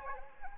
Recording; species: mosquito wingbeat signal from an infrared sensor; Anopheles arabiensis